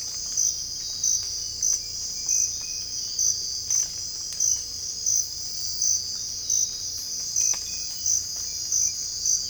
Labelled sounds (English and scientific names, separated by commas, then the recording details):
none
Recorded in secondary vegetation near Puerto Asís, Putumayo, Colombia, on 18 December 2024 at 05:30
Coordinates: 0.481, -76.318
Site G042